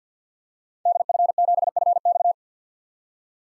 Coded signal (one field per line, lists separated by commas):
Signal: Morse code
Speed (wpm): 50 wpm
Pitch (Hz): 700 Hz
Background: none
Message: DF7FX